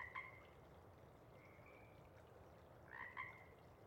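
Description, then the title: Pacific chorus frog calling: a two-note ribbit, a quieter drawn-out trill, then another ribbit, over faint background hiss. Sparse chorus before dawn as first light appears; most of the pod has gone back to burrow and sleep, a few individuals still calling to attract a mate. "Chorus Frogs, Sparse, pre-Dawn"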